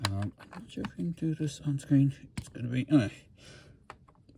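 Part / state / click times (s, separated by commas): action figure head on neck ball joint / released / 3.9 s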